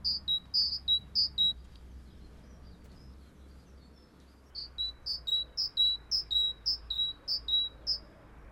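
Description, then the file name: Great tit singing a bright two-note teacher-teacher phrase, high then lower, several times quickly, then pausing about three seconds before a longer run of the same phrase. "acclivity greattit"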